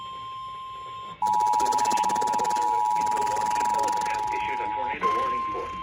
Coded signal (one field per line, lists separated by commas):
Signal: Emergency Alert System (SAME) tones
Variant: 853 and 960 Hz attention tone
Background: speech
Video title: EAS #1630-1632 MKX Tornado Warning and LOT Severe Thunderstorm Warning 4-30-22